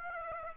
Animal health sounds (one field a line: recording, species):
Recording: mosquito wingbeat signal from an infrared sensor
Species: Aedes aegypti